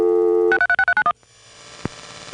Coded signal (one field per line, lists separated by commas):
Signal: DTMF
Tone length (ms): 70 ms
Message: 636391